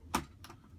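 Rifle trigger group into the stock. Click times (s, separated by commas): 0.1 s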